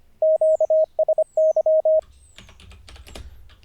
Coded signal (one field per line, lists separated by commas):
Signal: Morse code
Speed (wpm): 25 wpm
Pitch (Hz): 630 Hz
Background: none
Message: QSY